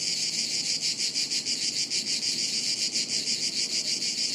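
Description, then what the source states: Cicadas in chorus, a dense high buzzing that pulses about three times a second without a break. Chorus of cicadas high in the trees overhead, woods near Sirolo, Italy, hot afternoon, August 23.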